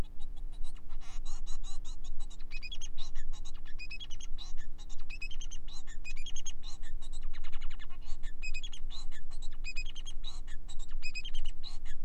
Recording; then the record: song of a male Bengalese finch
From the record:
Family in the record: son of father 4